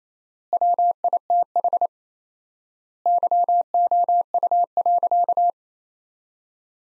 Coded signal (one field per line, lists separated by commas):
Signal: Morse code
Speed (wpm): 27 wpm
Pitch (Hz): 700 Hz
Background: none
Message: WITH YOU.